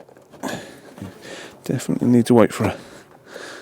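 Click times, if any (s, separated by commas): none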